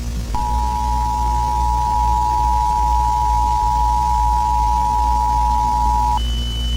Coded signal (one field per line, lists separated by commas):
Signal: Emergency Alert System (SAME) tones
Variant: 853 and 960 Hz attention tone